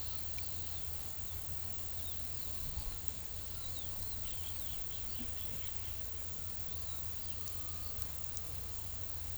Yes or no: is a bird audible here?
no